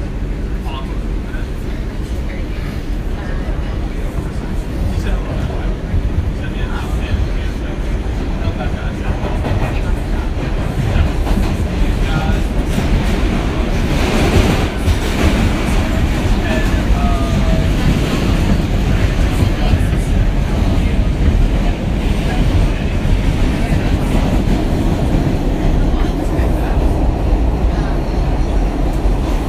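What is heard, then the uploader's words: A subway ride in New York City: a steady, dense low rumble of rolling train cars, with faint voices and brief squeals mixed in throughout. Noises of streets, subway and museums in New York City.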